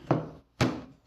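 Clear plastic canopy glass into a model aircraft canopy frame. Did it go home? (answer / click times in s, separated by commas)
yes / 0.6 s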